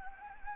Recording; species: mosquito wingbeat signal from an infrared sensor; Anopheles gambiae